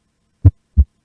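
Simulated heartbeat with two low thuds; the second sound splits on inspiration and merges on expiration, a normal physiological finding.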